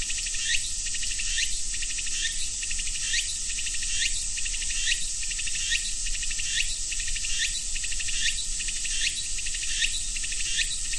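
Cicadas calling: a steady high-pitched hiss runs throughout, overlaid by short rising buzzy sweeps repeated roughly every second.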